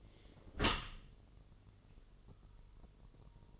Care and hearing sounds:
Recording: daily activity, microphone in the room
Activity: close dishwasher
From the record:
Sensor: 4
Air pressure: 1015.8 hPa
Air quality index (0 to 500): 110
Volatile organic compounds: 2 ppm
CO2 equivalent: 1239 ppm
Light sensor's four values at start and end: 9/19/7/7 and 8/18/7/7

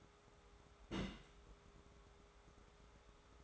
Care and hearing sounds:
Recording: daily activity, microphone in the room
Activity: place on stove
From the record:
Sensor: 3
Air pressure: 1010.3 hPa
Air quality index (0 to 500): 166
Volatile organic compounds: 9 ppm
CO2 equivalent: 2170 ppm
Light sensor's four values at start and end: 50/123/54/60 and 50/123/54/60

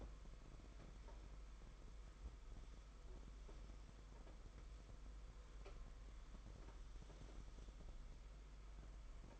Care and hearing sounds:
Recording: daily activity, microphone in the room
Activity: wipe stove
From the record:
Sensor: 5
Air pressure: 991.6 hPa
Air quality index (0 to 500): 123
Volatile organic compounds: 51 ppm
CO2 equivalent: 3304 ppm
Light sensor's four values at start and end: 34/103/40/43 and 33/97/39/41

